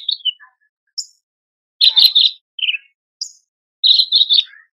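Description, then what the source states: Horsfield's bush lark song: scattered phrases of high chirps and rattling buzzy bursts, separated by brief gaps, ending in a short falling phrase. Singing prolifically; masteran recording used to train cage birds.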